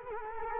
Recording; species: mosquito wingbeat signal from an infrared sensor; Culex quinquefasciatus